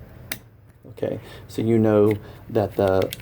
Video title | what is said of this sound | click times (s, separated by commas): G42&43 PURE CARRY CUSTOM DROP IN EDUCATIONAL ONLY | I can push that right in and you will hear a little click when I give a little okay | 0.3 s